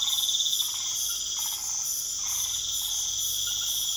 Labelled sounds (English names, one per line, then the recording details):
none
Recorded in pastures near Puerto Asís, Putumayo, Colombia, on 21 March 2025 at 21:00
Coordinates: 0.487, -76.322
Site G077